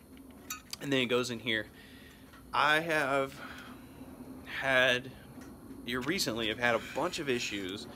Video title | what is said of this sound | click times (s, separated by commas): Old Camera Review: Lubitel 166 Universal | It snaps into place, | 0.5 s